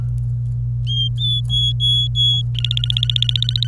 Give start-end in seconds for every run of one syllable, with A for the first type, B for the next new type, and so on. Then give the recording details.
0.87-2.42 A, 2.55-3.67 B. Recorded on 26 April 2018 at 12:11. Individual llb3